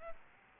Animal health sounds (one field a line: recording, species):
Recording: mosquito wingbeat signal from an infrared sensor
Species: Aedes albopictus